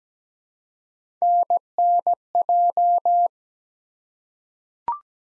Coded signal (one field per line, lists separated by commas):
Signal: Morse code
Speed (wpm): 17 wpm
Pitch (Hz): 700 Hz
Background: none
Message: NNJ